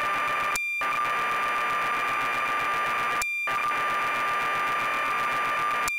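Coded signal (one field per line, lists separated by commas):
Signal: computer data on cassette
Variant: BBC Micro, 1200 baud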